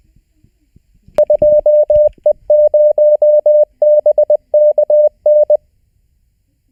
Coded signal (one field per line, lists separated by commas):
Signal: Morse code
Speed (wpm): 20 wpm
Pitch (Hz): 600 Hz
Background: none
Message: 2E0BKN